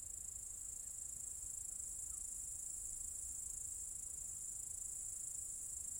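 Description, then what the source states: Cicadas keep up a dense, high, unwavering buzz, with a quiet low background rumble. Several cicadas in an apple tree orchard at Zalensų Sodybos, Lithuania, on 23 August 2015.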